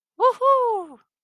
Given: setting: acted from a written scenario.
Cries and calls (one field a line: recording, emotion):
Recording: vocal sound without words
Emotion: triumph